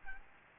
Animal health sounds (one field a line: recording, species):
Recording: mosquito wingbeat signal from an infrared sensor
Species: Aedes aegypti